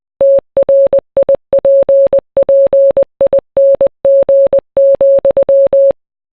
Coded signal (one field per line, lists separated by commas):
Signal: Morse code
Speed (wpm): 20 wpm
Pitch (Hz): 550 Hz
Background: none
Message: TRIPPING,